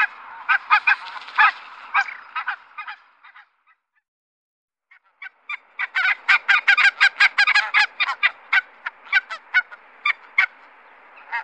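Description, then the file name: Barnacle goose calls, a burst of short barking yelps repeated rapidly, a brief pause near four seconds, then a denser run of overlapping yaps. "Vitkindad gas"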